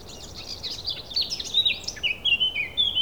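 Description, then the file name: Thrush song: scratchy, twittering notes give way to clear, sweeping whistled phrases that repeat several times, bright and high, with steady soft hiss underneath. A single thrush. "Birds single thrush"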